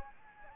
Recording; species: mosquito wingbeat signal from an infrared sensor; Anopheles gambiae